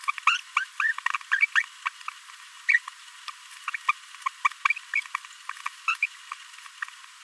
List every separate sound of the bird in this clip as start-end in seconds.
0.27-0.38, 0.56-0.64, 0.80-0.93, 1.42-1.46, 1.55-1.62, 1.85-1.89, 2.69-2.79, 3.29-3.30, 3.68-3.70, 3.74-3.76, 3.88-3.92, 4.45-4.48, 4.65-4.68, 5.66-5.67, 5.88-5.95, 6.02-6.06